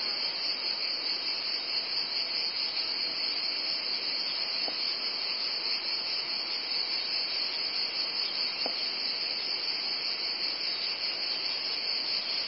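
Cicadas in a loud rasping high drone, steady throughout, with two faint clicks in the background.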